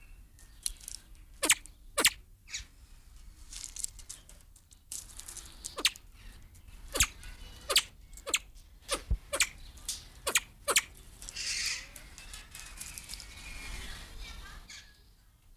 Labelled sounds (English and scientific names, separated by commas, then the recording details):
Crested Fireback (Lophura ignita) call
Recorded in captivity
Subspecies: rufa
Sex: pair
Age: adult
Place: Zoo Berlin, Berlin, DE
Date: 2007-03-30 15:00
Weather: sonnig, 17°C
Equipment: Sony WM-D6C, Sennheiser ME 80, Kopie Uher 4000 Report Monitor
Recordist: Tembrock, Günter
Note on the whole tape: Malayischer Haubenfasan (L.i.rufa): Weibchen: Lautfolgen am Gitter, Männchen: Einzellaute